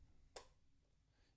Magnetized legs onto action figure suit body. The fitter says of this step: you can kind of hear the magnets snapping into place there so